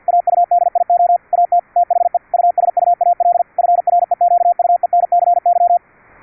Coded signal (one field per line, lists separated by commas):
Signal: Morse code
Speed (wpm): 50 wpm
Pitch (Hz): 700 Hz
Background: radio noise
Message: AUDIO AT THE USUAL FREQUENCY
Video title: QUISK SDR APP for VLF RF over ip on MUMBLE - CW at 10 Khz with QUISK SDR RCVR has several advantages